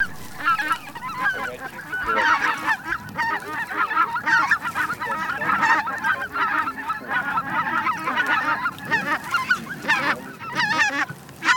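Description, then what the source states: Greater white-fronted goose: greater white-fronted geese calling as a dense flock, overlapping high yelping honks and cackles running continuously without pause. Flock chorus of calling geese, recorded for an electronic hunting caller.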